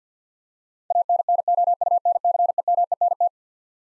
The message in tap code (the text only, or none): none